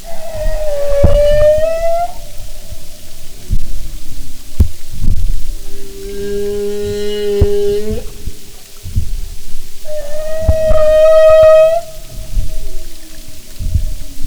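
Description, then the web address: Humpback whale song: higher harmonic notes alternating with a lower buzzy tone, over knocking underwater noise. "Marine Mammals humpback"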